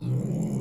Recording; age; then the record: pig call; weaner (32 to 43 days)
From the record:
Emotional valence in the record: negative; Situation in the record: long isolation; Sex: female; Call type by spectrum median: low-frequency call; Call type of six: low-frequency stable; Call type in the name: low-frequency stable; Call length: 0.61 s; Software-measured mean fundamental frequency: 68 Hz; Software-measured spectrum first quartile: 139 Hz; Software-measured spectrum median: 187 Hz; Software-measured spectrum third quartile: 340 Hz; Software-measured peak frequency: 162 Hz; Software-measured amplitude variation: 159 dB a second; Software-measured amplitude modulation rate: 28.7 a second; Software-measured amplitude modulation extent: 5.6 dB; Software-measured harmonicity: 6.3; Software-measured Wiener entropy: -0.61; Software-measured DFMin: 1151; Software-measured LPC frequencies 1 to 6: 2203, 3761, 4064, 5208, 6830, 7308 Hz